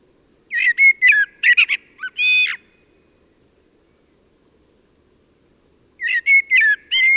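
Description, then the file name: Common blackbird song: two phrases of low fluty whistles, the first ending in a squeaky high twitter and the second cut off at the end, with a quiet gap between them. "Turdus merula"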